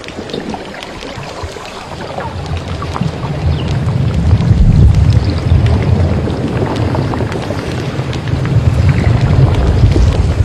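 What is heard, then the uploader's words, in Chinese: Deep-sea water current rumbles in a dense, low surge that swells toward the middle, with scattered faint clicks and crackles above. 深海水流。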